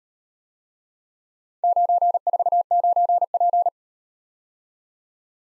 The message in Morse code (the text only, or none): 949P